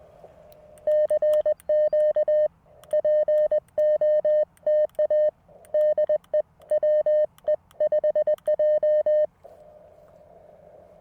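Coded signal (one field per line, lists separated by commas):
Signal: Morse code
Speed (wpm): 20 wpm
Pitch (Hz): 590 Hz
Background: none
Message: CQ POTA DE WE5J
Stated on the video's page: Parks on the Air activation from a car at a beach state park: LNR Precision MTR4B V2.3 with CW Morse iambic key, roof-mounted 17-foot whip, captured with a digital recorder.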